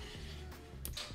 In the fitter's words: from the satisfying click that it locks into place incredibly well so